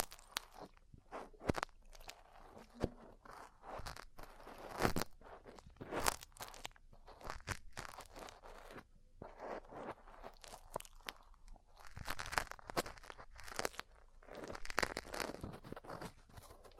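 Ear cleaning and massage sounds: dense, crackly rustling with irregular sharp taps and crunchy scrapes. Louder bursts come around five and six seconds and again from twelve to fifteen, with a quieter, sparser stretch near nine to ten seconds.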